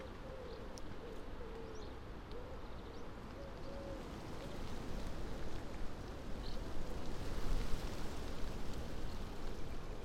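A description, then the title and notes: Wind moves through trees in a dense, steady rush of hiss that swells in the second half, peaking near the eight-second mark. Faint, brief chirps and a soft mid-pitched tone drift in early, while a low rumble runs underneath throughout. A wide open landscape, resting, between gusts of rain-speckled Northumbrian air. Trees that transcribe the invisibly moving air into varying blends of white noise. This is another section from the mics we left out and alone for 14 hours last summer in the hills above Wooler in Northumberland.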